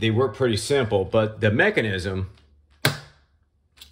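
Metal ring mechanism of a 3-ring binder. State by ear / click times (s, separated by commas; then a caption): seated / 2.8 s. Someone talks over the first two seconds, then the metal round-ring mechanism of an Avery 1.5" Economy View 3-Ring Binder is worked by hand and its rings snap shut with a single sharp click at 2.9 s. The rings close properly and seat cleanly, followed by a couple of faint ticks near the end.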